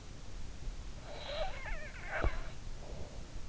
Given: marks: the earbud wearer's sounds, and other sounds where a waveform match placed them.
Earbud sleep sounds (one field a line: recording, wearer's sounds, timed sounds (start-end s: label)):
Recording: sounds in sleep by an in-ear microphone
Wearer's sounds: snoring breath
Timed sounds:
0.96-3.24 s: snoring breath